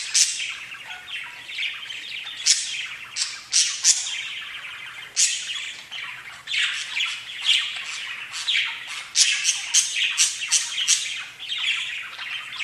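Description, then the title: Budgerigar chatter, dense and continuous, harsh scratchy squawks mixed with sharp high chirps throughout, several loud bursts. "Budgie Sounds"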